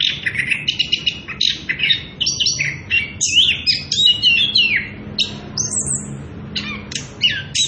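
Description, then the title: Orange-headed thrush song: quick bursts of descending whistled slurs and chattering notes delivered almost without pause. Energetic continuous rolling song (ngerol) at high volume, used as a lure and training recording for young birds (trotolan). "Anis Kembang Gacor. pancingan anis kembang ngerol edan volume dasyattt cocok buat masteran trotolan"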